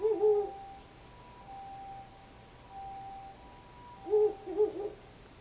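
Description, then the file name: Owl hooting: a low hoot at the start, a quiet pause with faint humming tones, then a doubled low hoot near the end. "fukuroo"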